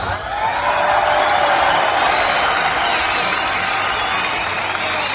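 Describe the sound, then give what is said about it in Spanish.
Sustained applause from a crowd, dense steady clapping at a loud even level throughout, with some cheering mixed in and no speech over it. “Dale unos aplausos, ¿sabe?”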